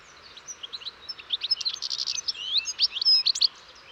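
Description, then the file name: European goldfinch song: a continuous run of rapid, varied twittering and buzzy trills that builds in loudness over several seconds. "Carduelis carduelis"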